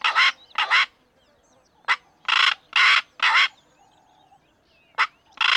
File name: Digiffects Sound Effects Library - Black Korhaan Bird